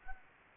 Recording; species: mosquito wingbeat signal from an infrared sensor; Anopheles gambiae